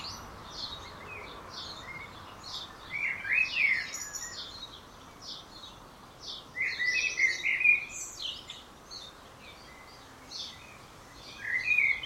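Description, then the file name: Common blackbird singing three short mellow warbled phrases amid a busy chorus of high, thin twittering from other birds. "Turdus merula"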